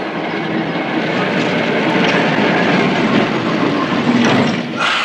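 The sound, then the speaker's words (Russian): A tram rolls in with a loud, steady rumble and rattle of wheels on rails, a brief higher-pitched squeal rising near the end as it comes to the stop. No voices. “К остановке подходит трамвай.”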